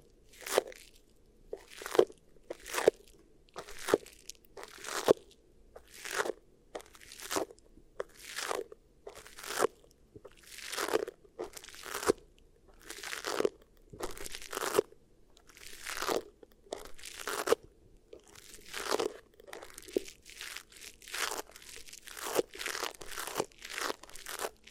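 Beeswax ear triggers: a steady series of crisp, crunchy squishes, each a short bright burst, coming roughly once every second for the whole stretch. Some bursts come in quick pairs, and a faint low hum sits underneath throughout.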